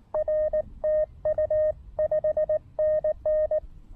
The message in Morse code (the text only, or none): R TU 5NN